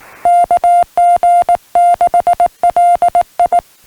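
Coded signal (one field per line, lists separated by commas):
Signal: Morse code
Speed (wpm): 18 wpm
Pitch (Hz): 690 Hz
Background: music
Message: KG6LI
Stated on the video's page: Summits On The Air activation of Bertha Peak; restored recording.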